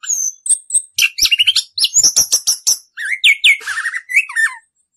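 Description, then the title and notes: Orange-headed thrush singing a fast jumble of thin whistles, chattering notes and slurred falling phrases, delivered almost without a break. Anis kembang singing in the ngerol (continuous rolling) song style; masteran tutor song. "Anis Kembang 9. suara anis kembang ngerol. Masteran Anis Kembang"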